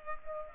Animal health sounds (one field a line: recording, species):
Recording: mosquito wingbeat signal from an infrared sensor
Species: Culex pipiens